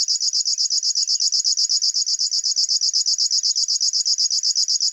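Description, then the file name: River warbler giving a sustained buzzy song of quick, regular pulsed notes throughout. "Schlagschwirl - Locustella fluviatilis"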